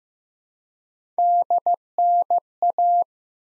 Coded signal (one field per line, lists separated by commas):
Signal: Morse code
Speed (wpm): 15 wpm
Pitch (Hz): 700 Hz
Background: none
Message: DNA